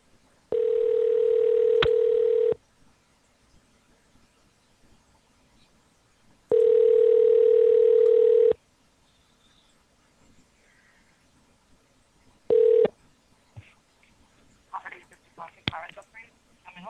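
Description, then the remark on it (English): A phone ringback tone sounds in two long steady rings of about two seconds each as the call is forwarded, followed by a brief clipped third ring, then faint speech-like murmurs and rustling. “I'm gonna call another one real quick. Your call is being forwarded.”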